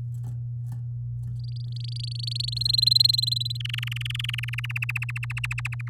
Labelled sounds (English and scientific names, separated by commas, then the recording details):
Domestic Canary (Serinus canaria) song
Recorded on 6 May 2018 at 05:49
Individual llb16